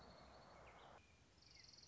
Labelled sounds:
Orange-crowned Warbler
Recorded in Sonoma County, California

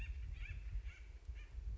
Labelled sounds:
Acorn Woodpecker
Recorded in Sonoma County, California

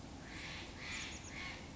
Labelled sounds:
Steller's Jay
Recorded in Sonoma County, California

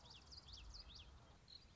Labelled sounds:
Common Yellowthroat
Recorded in Sonoma County, California

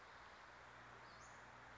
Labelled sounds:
Western Flycatcher
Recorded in Sonoma County, California

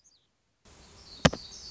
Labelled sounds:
Black-throated Gray Warbler
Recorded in Sonoma County, California

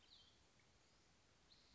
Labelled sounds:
Cassin's Vireo
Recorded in Sonoma County, California

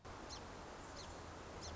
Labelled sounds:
Song Sparrow
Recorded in Sonoma County, California

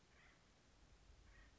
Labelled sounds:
Acorn Woodpecker
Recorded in Sonoma County, California

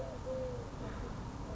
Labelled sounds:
Eurasian Collared Dove
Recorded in Sonoma County, California

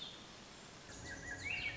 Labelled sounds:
Swainson's Thrush
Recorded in Sonoma County, California

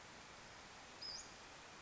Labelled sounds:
Western Flycatcher
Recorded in Sonoma County, California

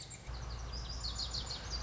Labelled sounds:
Lazuli Bunting
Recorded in Sonoma County, California

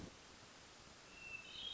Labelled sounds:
Hermit Thrush
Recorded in Sonoma County, California

